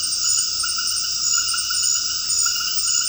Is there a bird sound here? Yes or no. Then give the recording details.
no. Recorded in dense forest near Puerto Asís, Putumayo, Colombia, on 19 February 2024 at 21:00. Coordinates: 0.481, -76.318. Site G6421